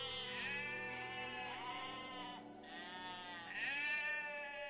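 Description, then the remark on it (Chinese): A Pyrenean ibex, a species that went extinct in 2000, bleats in three long, quavering calls, loud and nasal with a shaky, wavering pitch, running almost back to back with no talking. “比利牛斯山羊于2000年灭绝”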